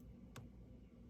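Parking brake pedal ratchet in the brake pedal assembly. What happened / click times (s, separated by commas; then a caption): A ratchet mechanism is worked by hand; one notch click, nothing seated yet / none. The foot-operated parking brake pedal ratchet in the brake pedal assembly of a 2009–2014 Nissan Maxima is worked by hand, pushed down toward two ratchet notches while the rear brake cable slack is adjusted. A brief sharp broadband transient stands out over low background noise. Nothing has seated or clicked yet.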